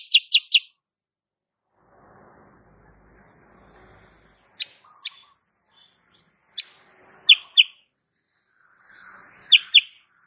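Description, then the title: Sooty-headed bulbul giving a quick triple chip, then isolated sharp notes and paired chips spaced a few seconds apart over quiet background rustle. Female; recording used as master song for training cage birds; described as gacor (singing persistently) and nembak rapat (rapid, closely packed notes). "Masteran Kutilang Sutra. Kutilang SUTRA BETINA GACOR nembak RAPAT"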